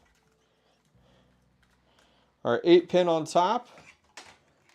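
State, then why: Seated. An 8-pin PCIe power plug is pushed into the top of a graphics card and clicks in at 4.2 s, confirmed as seated. Faint low handling noises come first, and someone talks just before the click.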